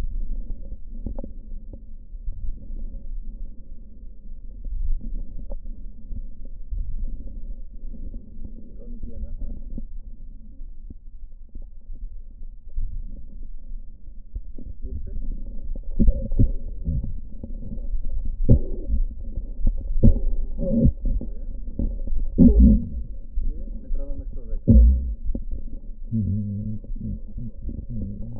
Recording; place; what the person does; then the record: lung sounds by stethoscope; left posterior basal chest; quiet breathing, then cough and speech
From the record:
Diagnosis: pulmonary infection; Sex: male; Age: 69 years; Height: 184 cm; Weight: 115 kg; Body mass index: 34.0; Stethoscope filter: diaphragm mode